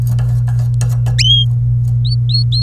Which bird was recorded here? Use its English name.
Domestic Canary